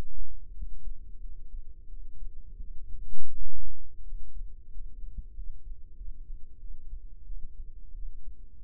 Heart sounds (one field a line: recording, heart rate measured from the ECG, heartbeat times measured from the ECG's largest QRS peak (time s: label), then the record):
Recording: heart sounds by microphone in the right ear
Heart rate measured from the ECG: 89 bpm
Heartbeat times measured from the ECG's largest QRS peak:
0.54 s: heartbeat
1.20 s: heartbeat
1.88 s: heartbeat
2.60 s: heartbeat
3.30 s: heartbeat
4.03 s: heartbeat
4.71 s: heartbeat
5.35 s: heartbeat
5.97 s: heartbeat
6.59 s: heartbeat
7.26 s: heartbeat
7.94 s: heartbeat
8.63 s: heartbeat
From the record:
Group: healthy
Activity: rest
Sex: female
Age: 22 years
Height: 161 cm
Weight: 65.5 kg